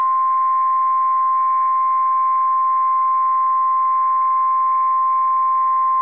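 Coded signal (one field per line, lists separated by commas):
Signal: Emergency Alert System (SAME) tones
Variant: 1050 Hz attention tone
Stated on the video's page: Required weekly tests from weather radio stations KXI55 and KGG68, including a KGG68 stream.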